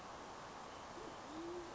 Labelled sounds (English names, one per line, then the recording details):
Band-tailed Pigeon
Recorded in Sonoma County, California